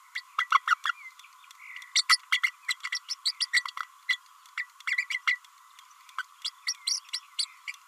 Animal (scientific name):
Forpus passerinus